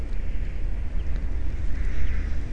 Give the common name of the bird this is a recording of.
Common Chaffinch